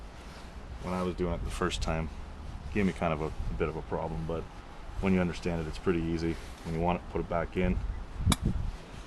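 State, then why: Seated. On a Honda CRF250L motorcycle, the metal retaining clip that holds the H4 LED headlight bulb is pushed back into the headlight housing while someone talks. A single sharp click is heard at 8.3 seconds as the clip seats back in place.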